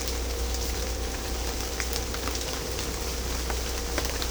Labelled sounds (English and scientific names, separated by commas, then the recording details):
none
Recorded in secondary vegetation near Puerto Asís, Putumayo, Colombia, on 16 December 2024 at 17:00
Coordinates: 0.500, -76.326
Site G065